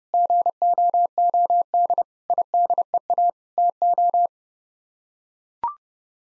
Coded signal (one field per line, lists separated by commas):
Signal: Morse code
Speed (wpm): 30 wpm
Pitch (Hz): 700 Hz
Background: none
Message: GOOD IDEA TO